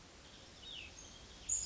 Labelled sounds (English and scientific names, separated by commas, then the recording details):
Cassin's Vireo (Vireo cassinii)
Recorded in Sonoma County, California